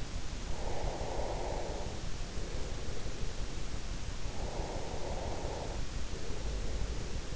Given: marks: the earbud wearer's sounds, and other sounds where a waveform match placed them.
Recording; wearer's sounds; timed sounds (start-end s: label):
sounds in sleep by an in-ear microphone; breath
0.54-3.33 s: breath
4.37-7.36 s: breath